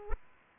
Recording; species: mosquito wingbeat signal from an infrared sensor; Aedes aegypti